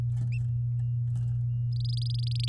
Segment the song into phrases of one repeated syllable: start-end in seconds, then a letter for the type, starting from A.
1.72-2.48 A